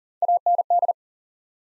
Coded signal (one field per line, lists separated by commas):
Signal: Morse code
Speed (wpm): 40 wpm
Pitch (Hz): 700 Hz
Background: none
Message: AND